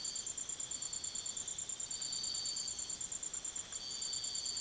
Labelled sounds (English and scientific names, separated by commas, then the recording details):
none
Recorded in dense forest near Puerto Asís, Putumayo, Colombia, on 19 February 2024 at 04:30
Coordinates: 0.505, -76.324
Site G6467